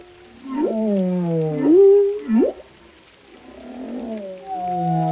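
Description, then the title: Whale vocalizations: two quick rising whoops, a short upsweep, then a long, wavering, descending harmonic moan. Whale vocalizations including moans, resonant calls and songs, for relaxation. "Soothing Symphony of the Deep: Captivating Whale Sounds for Relaxation"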